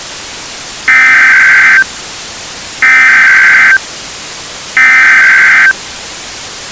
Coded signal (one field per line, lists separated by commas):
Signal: Emergency Alert System (SAME) tones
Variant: header bursts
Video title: EAS Scenario: Climate Calamity